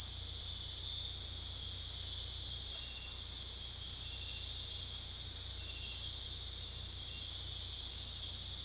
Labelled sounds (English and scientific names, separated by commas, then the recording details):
none
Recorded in secondary vegetation near Puerto Asís, Putumayo, Colombia, on 21 December 2024 at 21:30
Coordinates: 0.484, -76.319
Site GP06